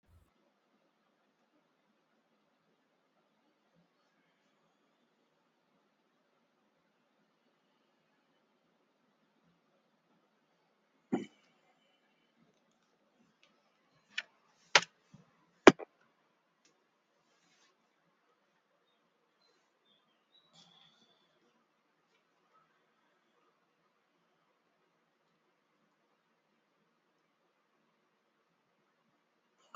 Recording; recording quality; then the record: shallow breathing; excellent, no background noise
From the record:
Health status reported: healthy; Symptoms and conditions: diabetes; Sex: male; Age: 58 years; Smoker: not ticked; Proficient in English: yes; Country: India